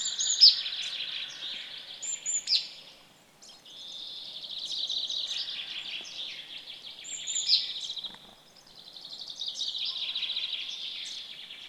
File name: Parus major call